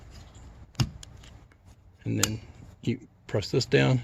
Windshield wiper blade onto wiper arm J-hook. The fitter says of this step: So I put that in there like that, and then I push it up. You'll probably hear it click.